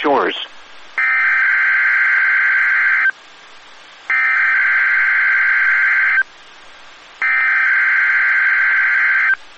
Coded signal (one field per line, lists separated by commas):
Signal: Emergency Alert System (SAME) tones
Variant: header bursts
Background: speech